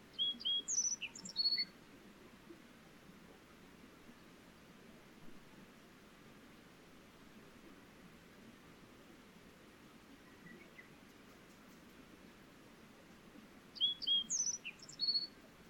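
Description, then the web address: Wild bird giving short high whistled notes in two brief bursts, one at the start and one near the end, with steady low background hiss between. Wild bird recorded on 2019-07-29. "yacho koe 190729"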